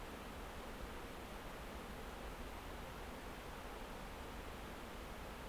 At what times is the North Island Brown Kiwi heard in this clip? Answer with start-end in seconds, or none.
none